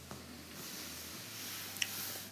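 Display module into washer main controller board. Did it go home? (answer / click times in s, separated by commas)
yes / 1.8 s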